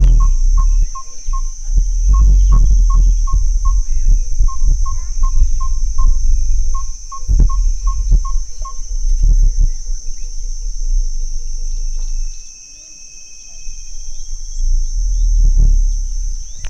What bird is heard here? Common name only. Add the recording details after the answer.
Yellow-fronted Tinkerbird. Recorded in Lake Mburo, Uganda